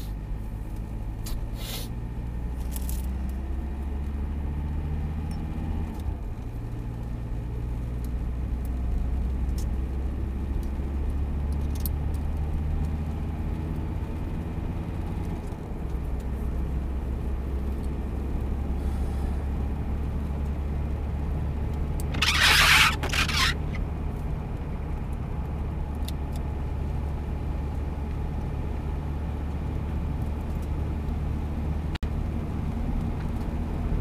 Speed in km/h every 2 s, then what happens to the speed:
28, 34, 40, 42, 45, 49, 55, 62, 65, 67, 70, 73, 72, 71, 71, 71, 71.
0-21 speeds up to 73. 21-34 steady at about 71.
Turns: none.